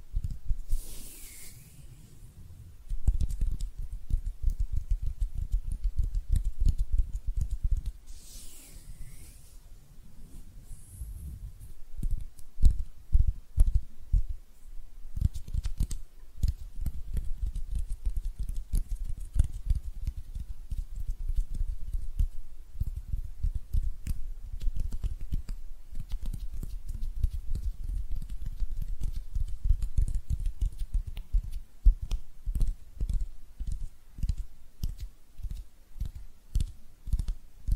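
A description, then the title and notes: Hand sounds made without talking: a dense run of soft tapping and patting that continues for the whole stretch. The sound is low and muffled, with quick uneven taps. Two brief bright swishes, like rubbing, come near the start and again around nine seconds. ASMR Relaxing Hand Sounds (No Talking).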